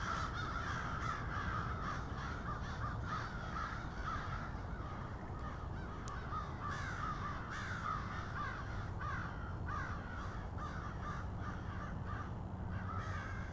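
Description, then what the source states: Crows caw harshly and repeatedly, distinct hoarse notes rising out of a busy flock chorus over low background noise. Several crows.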